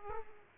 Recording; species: mosquito wingbeat signal from an infrared sensor; Aedes aegypti